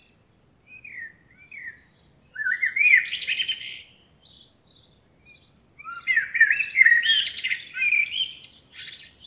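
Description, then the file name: Eurasian blackbird delivering two rich warbled phrases with squeaky high flourishes, separated by a quieter stretch with faint notes. "Turdus merula"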